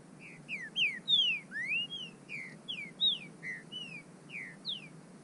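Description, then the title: Bird song: a continuous string of clear whistled notes, slurring down and up in varied order, steady and lively throughout. "burung"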